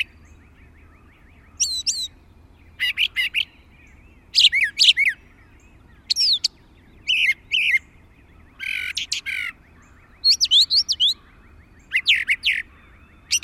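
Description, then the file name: Brown thrasher song: varied rich phrases of slurred whistles and buzzy notes, often given in pairs, separated by short pauses throughout. "suara kicauan brown thrasher. omkicau"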